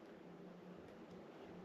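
A small metal part, likely a piston clip, sits half-seated as it is pushed into its seat during the ground-up rebuild of a Honda CR125 two-stroke motocross engine. Only a steady, low broadband hum is heard, with no sharp sounds. Nothing has seated or clicked yet.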